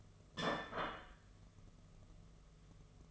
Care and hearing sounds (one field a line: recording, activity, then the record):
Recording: daily activity, microphone in the room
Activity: place plate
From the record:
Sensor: 4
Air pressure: 1015.9 hPa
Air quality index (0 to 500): 208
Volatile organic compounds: 13 ppm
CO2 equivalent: 2400 ppm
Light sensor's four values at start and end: 17/39/16/17 and 17/39/16/17